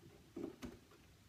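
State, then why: Not seated. A memory stick is handled at a motherboard DIMM slot, ready to be pressed in with equal pressure on both ends until the retention clips snap shut. Low, muffled handling rustles come at about 0.4 s, then a brief sharp tick at about 0.6 s over a quiet background. Nothing has seated or clicked into place yet.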